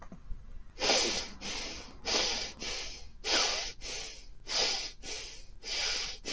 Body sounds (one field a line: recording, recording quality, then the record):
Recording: shallow breathing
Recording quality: excellent, no background noise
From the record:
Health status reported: healthy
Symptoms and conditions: none ticked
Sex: male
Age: 24 years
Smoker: not ticked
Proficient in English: yes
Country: United States